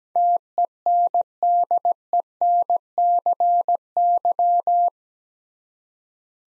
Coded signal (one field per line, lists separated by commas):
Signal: Morse code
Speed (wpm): 17 wpm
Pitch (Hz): 700 Hz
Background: none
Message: TENDENCY